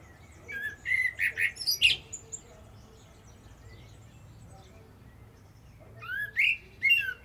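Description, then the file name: Common blackbird song: a warbled phrase of rich fluty notes capped by a sharp high squeak, pause, then another whistled phrase begins. "Turdus merula"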